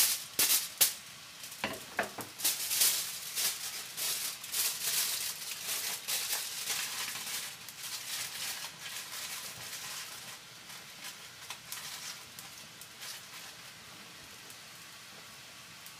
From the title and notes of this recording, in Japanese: 環境音 弁当用につくりおき。